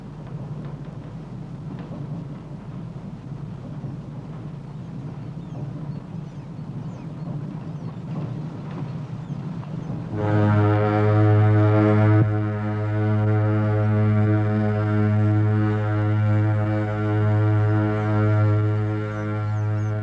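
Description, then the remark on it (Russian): A steamship pulls away from the pier: a low, churning engine rumble runs for several seconds, then a loud, deep, buzzing ship's horn sounds and holds steadily to the end. “Пароход отплывает.”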